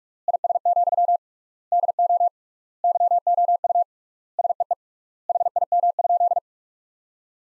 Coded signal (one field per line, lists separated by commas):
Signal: Morse code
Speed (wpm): 42 wpm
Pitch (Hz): 700 Hz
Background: none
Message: IS, DO YOU SEE HIM?